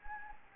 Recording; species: mosquito wingbeat signal from an infrared sensor; Anopheles gambiae